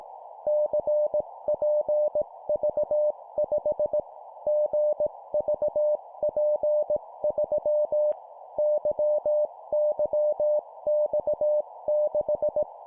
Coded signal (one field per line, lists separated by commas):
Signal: Morse code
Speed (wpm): 18 wpm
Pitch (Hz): 600 Hz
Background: none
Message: CPV5 GVP3 YYX6